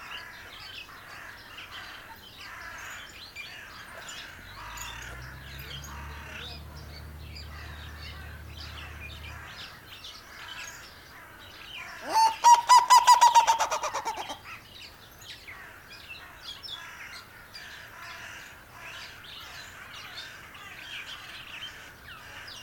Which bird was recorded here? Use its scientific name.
Chunga burmeisteri